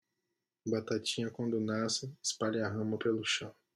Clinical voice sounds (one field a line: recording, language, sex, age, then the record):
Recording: short text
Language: Brazilian Portuguese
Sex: female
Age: 20 to 29 years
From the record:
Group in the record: control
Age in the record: 25 years